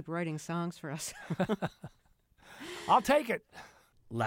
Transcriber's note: laughter